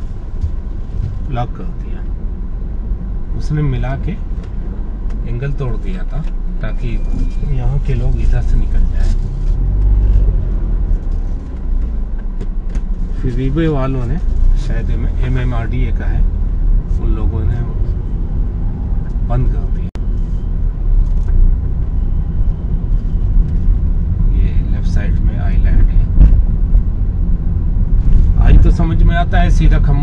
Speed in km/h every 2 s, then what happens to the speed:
6, 6, 0, 0, 3, 0, 0, 7, 13, 14, 17, 19, 19, 19, 21.
4-13 standing. 13-21 pulls away to 19. 21-30 steady at about 19.